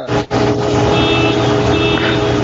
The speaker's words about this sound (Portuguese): É, carro na rua dando alarme, cara.